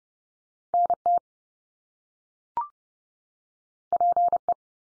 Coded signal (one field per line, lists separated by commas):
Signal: Morse code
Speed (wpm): 30 wpm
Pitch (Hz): 700 Hz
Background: none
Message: NT PE